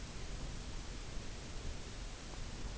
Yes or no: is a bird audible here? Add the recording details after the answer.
no. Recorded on Arctic tundra, site UTQI-0, on 17 June 2019. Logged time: 22:00